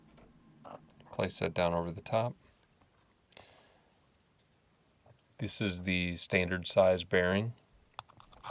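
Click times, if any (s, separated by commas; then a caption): none. Someone talks while the metal plate of a bearing press tool is placed over the standard-size bearing of a fidget spinner and lined up with it, with a few short, sharp taps and light crunchy contacts in between. Nothing has seated or clicked into place yet.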